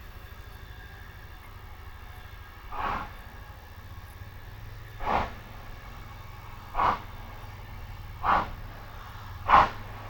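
A train sounds five short whistle blasts over a steady low rumble, coming closer together and growing louder toward the end.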